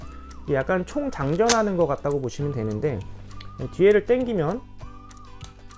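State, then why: Seated. Someone talks over background music, then pulls back the rear plunger of a plastic blood-glucose lancing device after loading the needle. The plunger latches into the cocked position with a click at 5.4 seconds as the release button pops out.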